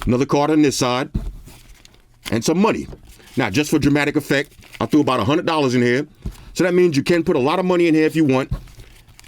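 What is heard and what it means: Someone talks while handling an Anovus Smart AirTag card wallet stuffed with cards, including a business card, and about a hundred dollars in cash, with faint crinkling and small handling taps. The wallet lid is being worked toward its locking clasp, but nothing has seated or clicked yet.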